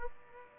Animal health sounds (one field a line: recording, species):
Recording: mosquito wingbeat signal from an infrared sensor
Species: Aedes aegypti